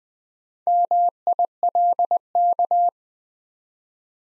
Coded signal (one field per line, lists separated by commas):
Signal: Morse code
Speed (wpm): 20 wpm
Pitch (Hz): 700 Hz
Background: none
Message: MILK